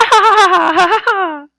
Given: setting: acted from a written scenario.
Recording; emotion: vocal sound without words; elation